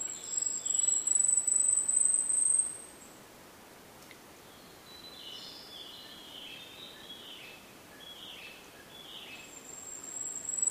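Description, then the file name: Asian stubtail song heard twice: a piercingly high, hissing insect-like note at the start and again building near the end, with soft chirps of other birds between. "yabu"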